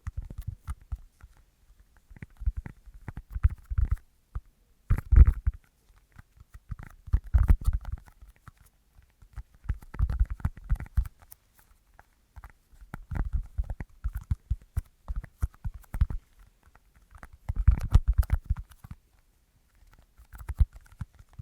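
Light tapping comes in quick bursts of rapid, uneven taps with short pauses between them, soft low knocks mixed with crisp clicks.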